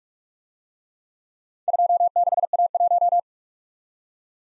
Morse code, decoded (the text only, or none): 26A1